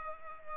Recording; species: mosquito wingbeat signal from an infrared sensor; Culex pipiens